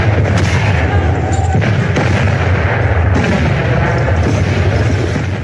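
sound effect, cannon artillery fire

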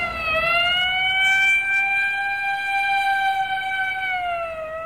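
vehicle, ambulance siren

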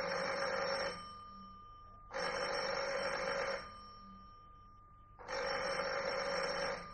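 signal or alarm, telephone ringing

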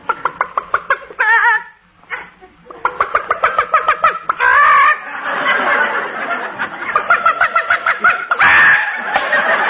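animal, hen clucking

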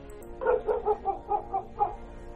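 animal, dog barking fiercely

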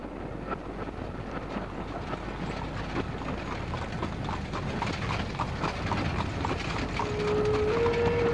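vehicle, horse-drawn carriage hooves clip-clopping

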